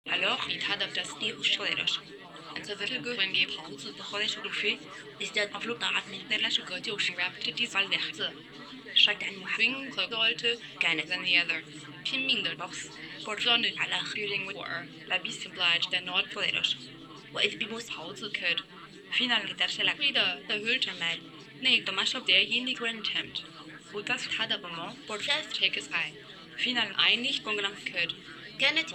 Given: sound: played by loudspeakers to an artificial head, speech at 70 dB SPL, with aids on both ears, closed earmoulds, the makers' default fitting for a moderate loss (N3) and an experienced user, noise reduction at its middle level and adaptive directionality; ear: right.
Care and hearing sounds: speech test signal (ISTS) in cocktail-party noise; +3 dB; in front (0 degrees)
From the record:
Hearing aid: class 1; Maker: C

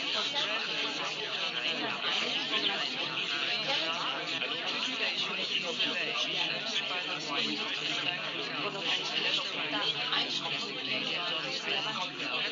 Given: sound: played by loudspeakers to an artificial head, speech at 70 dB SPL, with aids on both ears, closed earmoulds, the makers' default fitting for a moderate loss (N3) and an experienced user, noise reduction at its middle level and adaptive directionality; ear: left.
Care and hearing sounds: speech test signal (ISTS) in cocktail-party noise; -6 dB; on the right (90 degrees)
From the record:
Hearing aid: class 1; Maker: G

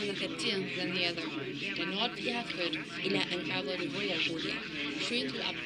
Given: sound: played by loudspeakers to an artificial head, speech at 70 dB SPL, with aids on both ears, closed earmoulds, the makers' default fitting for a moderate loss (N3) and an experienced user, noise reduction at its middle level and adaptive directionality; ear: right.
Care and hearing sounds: speech test signal (ISTS) in cocktail-party noise; -3 dB; on the right (90 degrees)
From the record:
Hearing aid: class 2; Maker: D

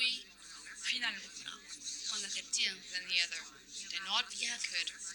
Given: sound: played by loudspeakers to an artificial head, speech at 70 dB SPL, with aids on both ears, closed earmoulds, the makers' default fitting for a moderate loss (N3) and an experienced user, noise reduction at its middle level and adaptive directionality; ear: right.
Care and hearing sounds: speech test signal (ISTS) in cocktail-party noise; 0 dB; on the right (90 degrees)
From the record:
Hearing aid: class 1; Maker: J

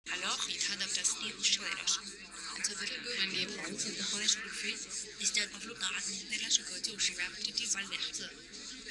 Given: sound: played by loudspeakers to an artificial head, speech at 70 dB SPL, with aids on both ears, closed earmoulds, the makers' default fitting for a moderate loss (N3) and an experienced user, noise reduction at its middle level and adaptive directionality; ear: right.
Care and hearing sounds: speech test signal (ISTS) in cocktail-party noise; -3 dB; on the right (90 degrees)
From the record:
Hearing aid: class 1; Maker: H

